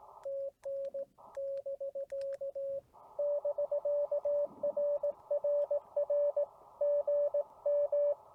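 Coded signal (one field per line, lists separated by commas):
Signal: Morse code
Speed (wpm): 17 wpm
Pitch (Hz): 560 Hz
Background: radio noise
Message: TN <BK> <BK> RRR GM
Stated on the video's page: CW copy practice.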